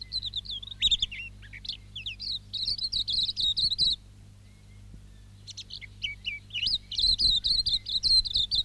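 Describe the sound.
Silvereye singing a quick, high warbling twitter, broken by a silent gap near midway, then resuming with bright chirps and slurred notes; steady low hum underneath.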